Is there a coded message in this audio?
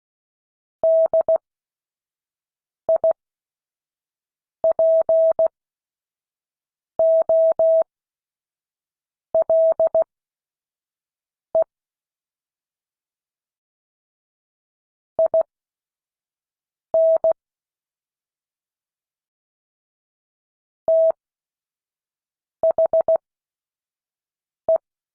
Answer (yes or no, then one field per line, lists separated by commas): yes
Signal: Morse code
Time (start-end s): 0.8-24.8 s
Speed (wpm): 16 wpm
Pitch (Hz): 650 Hz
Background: none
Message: DIPOLE IN THE